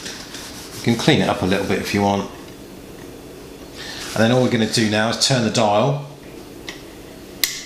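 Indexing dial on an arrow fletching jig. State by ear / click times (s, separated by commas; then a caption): seated / 7.4 s. Someone talks while turning the indexing dial on a Decut Nexus arrow fletching jig. A sharp click at 7.4 s shows the dial seating in the next vane position, with a softer tick just before it at 6.7 s.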